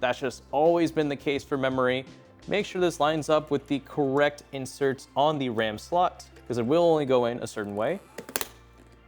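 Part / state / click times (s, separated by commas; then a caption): memory module into motherboard RAM slot / seated / 8.4 s. A DDR5 memory module is pressed firmly into a motherboard RAM slot while someone talks. At 8.4 s the slot latch gives a sharp click, with softer ticks just before and after it. The stick is seated all the way in.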